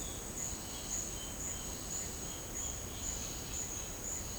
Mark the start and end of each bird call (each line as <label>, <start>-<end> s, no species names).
bird call, 0.65-3.94 s